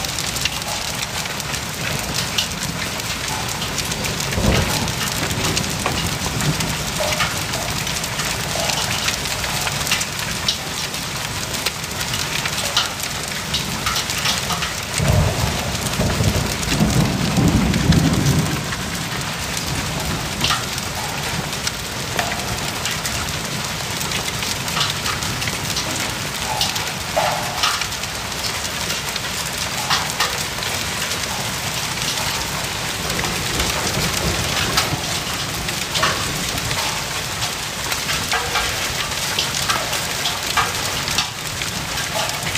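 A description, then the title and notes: Steady, dense rain hisses throughout with scattered sharp drop taps, and a low rumbling swell rises briefly around fifteen to nineteen seconds. Sound Of Rain - Sonido de Lluvia.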